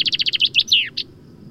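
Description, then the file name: Common chaffinch song fragment, a quick string of bright repeated notes dropping into a slurred downward flourish, lasting about a second. "Fringilla coelebs"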